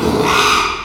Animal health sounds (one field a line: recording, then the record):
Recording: squeal of a Yucatan mini pig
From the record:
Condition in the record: after surgery on the right vocal fold (resection and tissue-engineered implant)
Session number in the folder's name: 1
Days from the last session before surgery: 6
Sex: male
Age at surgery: 12 weeks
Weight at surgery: 13 kg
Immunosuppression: cyclosporine, prednisolone